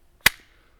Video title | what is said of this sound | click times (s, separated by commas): Sniperblade works Mamu knife review!! #sniperbladeworks #bushcraftknives #bushcraft | and stuff which is really nice and it has a really good solid click to it | 0.3 s